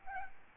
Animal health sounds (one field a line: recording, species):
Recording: mosquito wingbeat signal from an infrared sensor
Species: Aedes albopictus